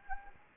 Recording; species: mosquito wingbeat signal from an infrared sensor; Anopheles arabiensis